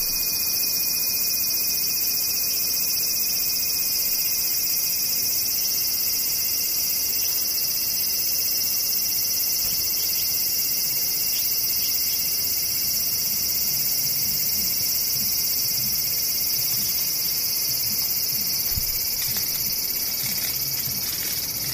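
Cicadas drone without pause for the whole clip, a dense, shrill buzzing that stays high and bright with a few layered pitches and almost no change in loudness. A faint low rumble sits underneath, with a soft thump near the nineteen-second mark.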